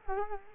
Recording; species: mosquito wingbeat signal from an infrared sensor; Culex quinquefasciatus